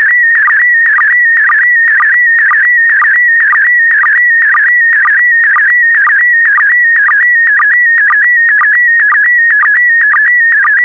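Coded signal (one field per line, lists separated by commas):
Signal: SSTV (slow-scan television)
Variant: PD120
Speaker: complete. You can now check your decoded image against the picture that is shown on the video.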